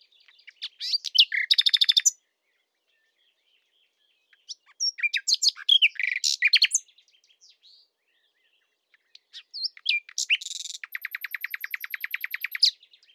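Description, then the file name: Common nightingale song in three bursts separated by pauses, fast rattling repeated notes, varied chirps and a long buzzy trill near the end. "Luscinia megarhynchos"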